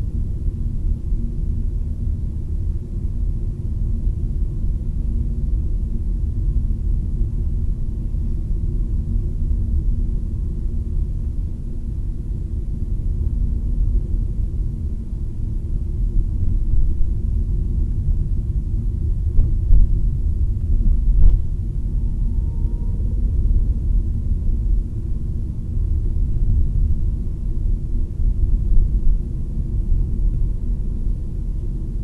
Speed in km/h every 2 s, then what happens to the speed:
29, 30, 31, 32, 31, 31, 30, 29, 30, 27, 27, 30, 30, 33, 35, 35.
0-20 steady at about 30. 20-32 speeds up to 35.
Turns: none.